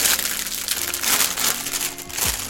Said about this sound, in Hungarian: És most elérkeztünk egyébként a harmadik zacskóhoz, mert hogy összesen 4 zacskó van, és abból most a harmadikat bontottam ki